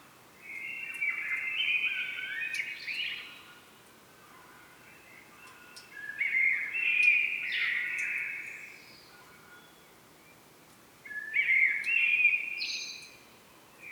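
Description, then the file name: Common blackbird song: three rich warbled phrases, each with a squeaky high ending, separated by quiet gaps. "Turdus merula"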